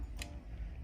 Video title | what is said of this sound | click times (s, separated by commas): OFF THE CUFF DRAWER 8 BEAUTIFUL BEANS | Just heard the click. Yeah, those are locked. | 0.2 s